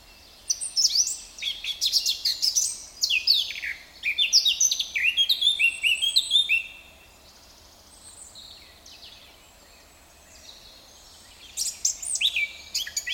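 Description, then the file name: Eurasian blackcap song: two lively warbled phrases of quick, varied notes, a quiet gap of several seconds, then a new phrase beginning. "Sylvia atricapilla"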